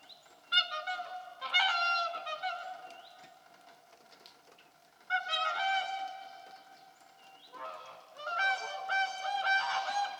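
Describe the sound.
Whooper swans giving bursts of nasal, trumpet-like honks, with a pause between groups of calls and several birds overlapping in each burst.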